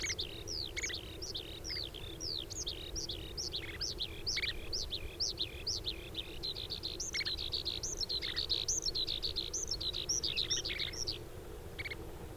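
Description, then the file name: Oriental skylark song, a rapid, unbroken stream of high twittering and slurred chirps, busy and varied until about a second before the end, over a steady low rumble. Subspecies coelivox; recorded at Changle, Fujian on 5 May 2012. "Oriental Skylark Song 120505-000 Fujian Changle"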